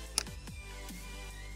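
A second PCB game tile is snapped against the first so their edge connectors join, giving a sharp click at 0.2 s followed by a softer knock around 0.5 s over steady background music. The tile seats, and the LED path then continues across it.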